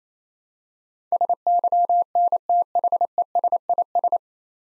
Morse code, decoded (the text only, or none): SYNTHESIS